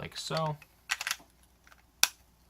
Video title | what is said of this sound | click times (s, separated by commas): NEW Dye DSR Paintball Marker - Super Show | hear that click means that o-ring is secure | 2.0 s